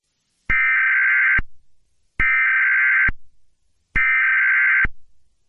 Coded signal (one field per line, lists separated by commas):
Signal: Emergency Alert System (SAME) tones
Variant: header bursts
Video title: RobotBoy: Full EAS Scenario